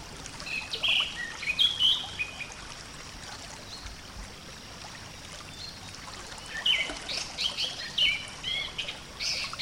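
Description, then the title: Orange-headed thrush song in two bursts of rich, varied warbling phrases with a quiet gap between, set against constant hiss. "Burung Anis Merah"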